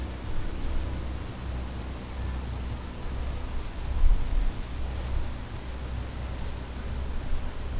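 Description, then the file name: European robin calling with thin, high, sliding 'tseee' notes, a few of them spaced roughly two and a half seconds apart, above constant low background rumble. "Erithacus rubecula"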